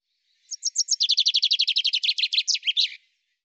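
Common chaffinch song: a fast run of bright, sharp notes that speeds up and drops slightly in pitch, ending in a quick flourish, lasting about two and a half seconds.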